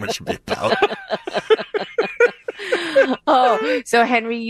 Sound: both laughing